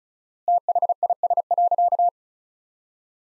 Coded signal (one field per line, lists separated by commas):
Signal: Morse code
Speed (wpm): 36 wpm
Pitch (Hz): 700 Hz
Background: none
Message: THIS.